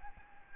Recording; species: mosquito wingbeat signal from an infrared sensor; Aedes albopictus